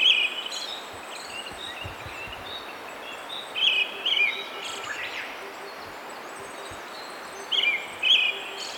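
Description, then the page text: Brown-headed thrush repeating short whistled note pairs every few seconds, with faint other birdsong and a soft regular low pip in the background. "Desmond Allen - Золотистый дрозд (Turdus chrysolaus)"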